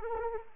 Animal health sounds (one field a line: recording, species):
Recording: mosquito wingbeat signal from an infrared sensor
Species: Anopheles arabiensis